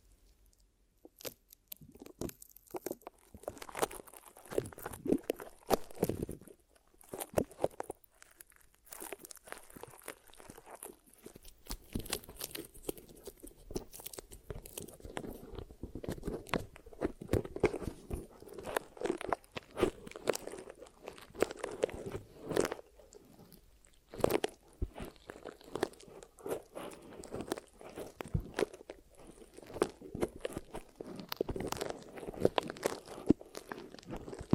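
Ear massage and cleaning sounds: dense, crackly rubbing and sticky clicking that runs almost without pause for the whole stretch. Low, muffled swishes swell and fade underneath, with brief lulls around eight seconds and again near twenty-four seconds.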